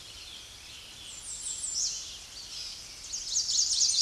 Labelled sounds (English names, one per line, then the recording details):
American Redstart song
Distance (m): 25 m
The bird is about 15 m above the microphone
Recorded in a Pennsylvania forest on 16 May 2024 at 06:57
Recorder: AudioMoth, point MSD-0230
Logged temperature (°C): 15.3 °C
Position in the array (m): 49 m, 226 m